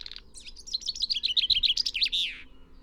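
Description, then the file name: Common chaffinch song: a brief chirp, then a fast run of bright notes falling in steps and closing in a quick, slurred flourish. "Fringilla coelebs"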